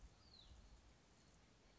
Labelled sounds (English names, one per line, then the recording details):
Hutton's Vireo
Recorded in Sonoma County, California